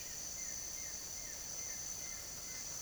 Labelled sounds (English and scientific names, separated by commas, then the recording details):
White-shouldered Antbird (Akletos melanoceps)
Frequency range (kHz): White-shouldered Antbird (Akletos melanoceps) 1.2-2.7 kHz
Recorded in secondary vegetation near Puerto Asís, Putumayo, Colombia, on 23 June 2025 at 07:30
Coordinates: 0.489, -76.322
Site G021